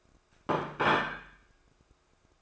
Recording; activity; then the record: daily activity, microphone in the room; place plate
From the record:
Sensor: 2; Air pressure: 1004.2 hPa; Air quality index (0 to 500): 189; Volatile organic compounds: 11 ppm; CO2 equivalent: 2267 ppm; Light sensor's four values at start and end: 4/9/3/3 and 4/9/3/3